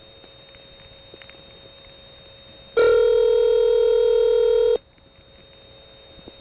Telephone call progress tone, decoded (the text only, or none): ringback tone